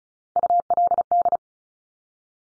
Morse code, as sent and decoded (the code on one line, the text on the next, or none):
..- .-.. -..
ULD